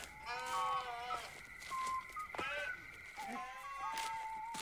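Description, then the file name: Sheep bleats, a few drawn-out wavering calls in succession over a faint steady high tone, with occasional sharp clicks. Recorded at night, with footsteps. "Nacht, Schritte, Schaf"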